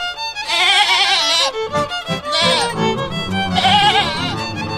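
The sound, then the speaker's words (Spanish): Several goats being raised on a goat farm in Santiago del Estero bleat in loud, wavering, overlapping calls, with harmonic cries rising and falling in pitch and brief gaps between bursts. “Llega Incupo y nos habla de la cría de cabras, pero estas cabras se crían de una forma un poco distinta.”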